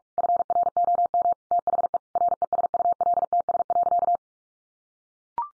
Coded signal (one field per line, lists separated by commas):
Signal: Morse code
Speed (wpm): 46 wpm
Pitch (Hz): 700 Hz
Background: none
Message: FROM THE RESULTS.